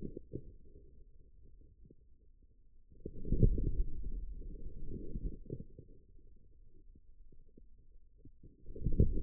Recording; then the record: forearm muscle sounds (acoustic myography)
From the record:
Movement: outward rotation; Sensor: system 2, bracelet of six BSWA MPA416 microphones around the upper forearm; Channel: 6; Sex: male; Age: 22 years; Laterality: right